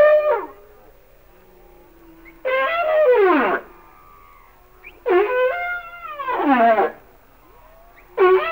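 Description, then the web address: Humpback whale singing long harmonic units that sweep downward, repeated every few seconds with quiet gaps between. "Natures Songs Whale Songs Sounds of Nature - Humpback Whales"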